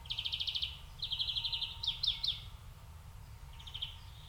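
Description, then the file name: European greenfinch twittering: fast runs of high chirping trills, a couple of sweeping notes, then a brief softer trill after a pause. "Chloris chloris"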